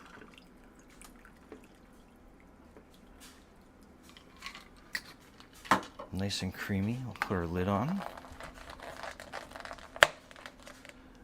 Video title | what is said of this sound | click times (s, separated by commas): Make Boba Tea at Home, Boba Milk Tea, Consistent Taste | Till you hear it click. | 10.0 s